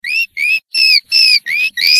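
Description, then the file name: Bird chirping, six clear whistled notes spaced about a third of a second apart, with no other sounds. Chirping described as friendly. "friendly cirping"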